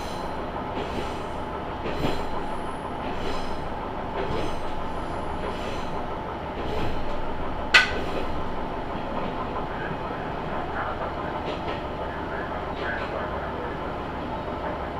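Aboard a Tenryu Hamanako Railway train, a steady low rumble and hum of the moving railcar runs throughout. Faint rattles and brief hisses recur every second or two, a sharp clank stands out near the eight-second mark, and murmured speech is faintly present.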